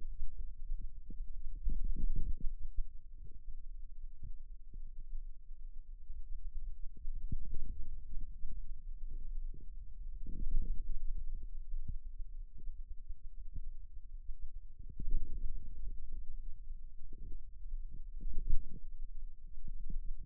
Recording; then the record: forearm muscle sounds (acoustic myography)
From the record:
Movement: radial deviation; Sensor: system 2, bracelet of six BSWA MPA416 microphones around the upper forearm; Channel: 5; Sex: male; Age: 22 years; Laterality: right